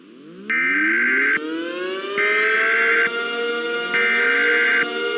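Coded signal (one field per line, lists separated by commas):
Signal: Emergency Alert System (SAME) tones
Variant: header bursts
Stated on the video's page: Fictional EAS scenario, remastered version with rescripted alerts, simulated rather than real.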